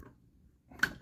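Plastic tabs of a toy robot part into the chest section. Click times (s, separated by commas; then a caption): 0.8 s. A plastic part of a large Pangu Toys PT-01 Commander transforming Optimus Prime robot figure, one that had been annoying to fit, is worked by hand so its tabs seat inside the chest section. Quiet low handling rumble gives way to brighter plastic rubbing, then a single sharp click at 0.8 s as the tabs snap into place.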